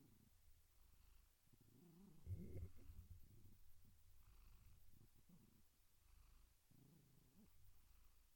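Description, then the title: Domestic cat purr, low and muffled, with a louder burst a little after two seconds, then settling again. Gentle, rhythmic purring. "Relaxing Cat Meow Sounds"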